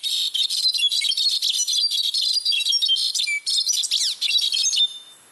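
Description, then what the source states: Brown-backed Solitaire song: a rapid stream of high tinkling, fluttering notes and quick sweeping slurs, broken by many brief gaps, ending abruptly. Second of two songs compared; sung year-round in high-altitude forests from Mexico to Central America; regional dialects shape song structure and duration; song marks territory and attracts a mate.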